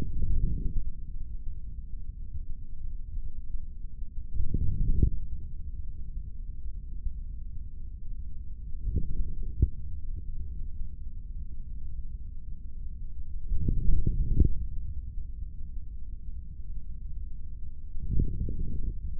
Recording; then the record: forearm muscle sounds (acoustic myography)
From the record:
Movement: forearm pronation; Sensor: system 3, bracelet of six PUI Audio POM-2738L microphones around the upper forearm, with dedicated amplification and filtering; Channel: 1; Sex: male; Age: 25 years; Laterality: right